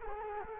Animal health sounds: mosquito wingbeat signal from an infrared sensor; Culex quinquefasciatus

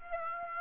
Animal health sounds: mosquito wingbeat signal from an infrared sensor; Aedes aegypti

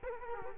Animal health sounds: mosquito wingbeat signal from an infrared sensor; Culex quinquefasciatus

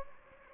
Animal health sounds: mosquito wingbeat signal from an infrared sensor; Anopheles gambiae

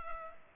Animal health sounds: mosquito wingbeat signal from an infrared sensor; Culex pipiens

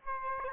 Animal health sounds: mosquito wingbeat signal from an infrared sensor; Aedes albopictus

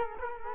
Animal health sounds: mosquito wingbeat signal from an infrared sensor; Culex quinquefasciatus

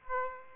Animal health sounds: mosquito wingbeat signal from an infrared sensor; Aedes aegypti

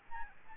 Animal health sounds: mosquito wingbeat signal from an infrared sensor; Aedes albopictus

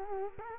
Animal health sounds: mosquito wingbeat signal from an infrared sensor; Culex quinquefasciatus

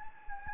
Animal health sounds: mosquito wingbeat signal from an infrared sensor; Anopheles gambiae

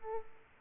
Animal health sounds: mosquito wingbeat signal from an infrared sensor; Aedes aegypti

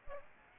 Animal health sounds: mosquito wingbeat signal from an infrared sensor; Aedes aegypti

